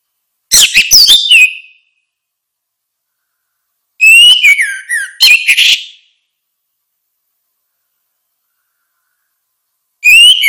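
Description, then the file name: Orange-headed thrush singing short, varied whistled phrases with a falling slur. There are three bursts and long silent gaps between them. "suara kicau burung anis merah"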